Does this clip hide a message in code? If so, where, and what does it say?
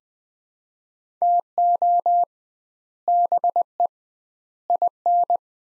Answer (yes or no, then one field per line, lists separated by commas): yes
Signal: Morse code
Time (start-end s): 1.2-5.4 s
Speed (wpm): 20 wpm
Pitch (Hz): 700 Hz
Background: none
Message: TO BE IN